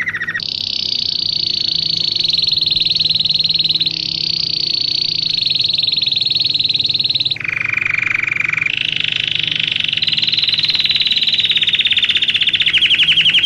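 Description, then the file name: Belgian canary song: long, fast rolling trills held at steady pitch, dropping lower around the middle, then climbing again and loosening into more distinct pulses. Song of a smooth-headed (plain-head) Belgian canary; Portuguese source also labels it "australiana". "canto do canario belga cabeca lisa australiana"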